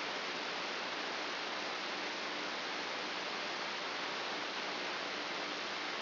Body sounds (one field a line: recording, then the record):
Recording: brain microelectrode recording played as sound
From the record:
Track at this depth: outside the subthalamic nucleus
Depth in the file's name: 8.228 mm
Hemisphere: left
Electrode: 2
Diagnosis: Parkinson's disease